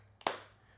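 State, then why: Seated. A thin 2.2 mm frosted plastic Phone Rebel Frosted Flex case is pressed onto an iPhone 16 Pro Max, and its corner snaps over the phone's edge. A faint tap at 0.2 s comes just before a sharp, bright click at 0.3 s that fades quickly. The corner is seated, and the case sits on nice and tight.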